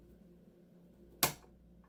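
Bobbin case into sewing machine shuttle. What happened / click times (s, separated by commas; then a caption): The bobbin case snapped into place / 1.2 s. A threaded plastic-and-metal bobbin case is pushed into the bobbin shuttle area of a Singer Tradition sewing machine while threading it for wig making. After a quiet stretch, a single sharp snap sounds at 1.2 seconds and quickly fades. The bobbin case is seated.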